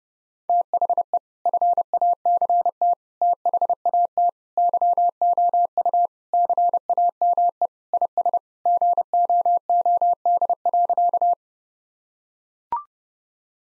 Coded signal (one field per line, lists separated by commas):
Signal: Morse code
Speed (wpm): 32 wpm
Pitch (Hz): 700 Hz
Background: none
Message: THE FACT THAT YOU CAME IS GOOD.